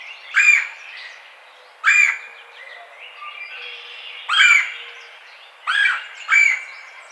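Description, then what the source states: Red-bellied woodpecker with five scratchy, rolling churr calls at uneven intervals, over quiet background. Recorded 4 May 2009.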